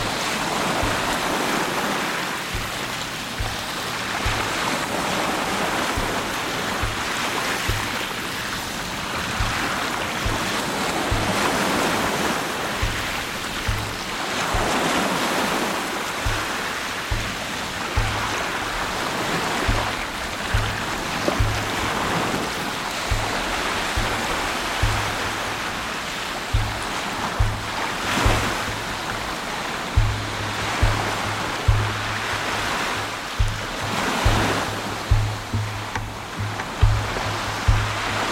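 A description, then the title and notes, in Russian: Waves wash along an Atlantic shore in Portugal, a dense, steady hiss of surf that swells and eases every few seconds. A low rumble pulses underneath throughout, with sharper surges and splashes growing more frequent toward the end. Тропа рыбака в Португалии. Волны побережья. Запись сделана во время многодневного похода по тропе рыбака.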